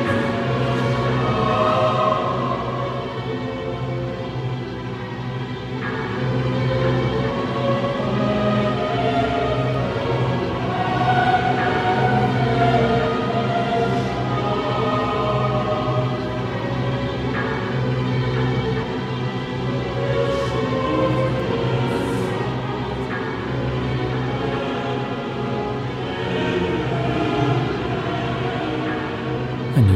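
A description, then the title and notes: Inside the Siena cathedral, a dense, steady murmur of many voices echoes throughout, over a low constant hum, with occasional brief clicks and footsteps. Duomo, Siena, Italy.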